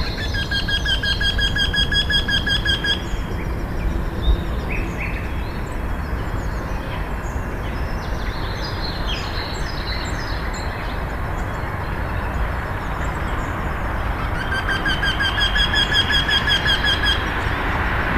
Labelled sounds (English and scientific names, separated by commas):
Eurasian Wryneck (Jynx torquilla)